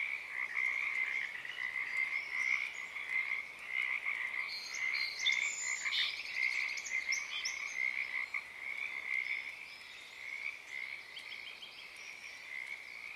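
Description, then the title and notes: Pacific tree frog chorus of overlapping trilled calls, swelling and then thinning out toward the end, while several birds whistle and chirp over it. Chorus starting and stopping, field-recorded in the morning on Friday April 7 2023 at a wildlife refuge in Portland, Oregon, USA; uncommon at that time of day. "Friday April 7th, 2023. Oaks Bottom Wildlife Refuge, Portland, Oregon USA. This is the chorus of the Pacific Tree Frog starting and stopping"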